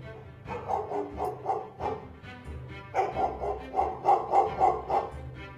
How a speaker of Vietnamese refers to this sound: Ngay sau đó là tiếng chó sủa lên nhấm nhặng.